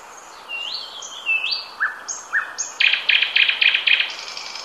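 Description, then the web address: Nightingale pouring out rising whistled phrases followed by a rapid series of repeated rattling notes, against steady background noise. "ljud Luscinia"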